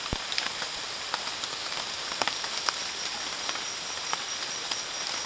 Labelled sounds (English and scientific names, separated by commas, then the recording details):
none
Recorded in dense forest near Puerto Asís, Putumayo, Colombia, on 19 June 2025 at 16:30
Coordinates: 0.466, -76.327
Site GP04